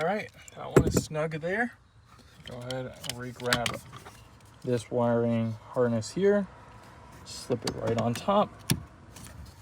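Someone talks while handling the battery wiring harness connector during an H8 / 49 AGM battery replacement on a 2013–2024 Maserati Ghibli, taking hold of it and slipping it on top of the battery terminal. Nothing has seated or clicked yet; the clip ends before the connector goes home.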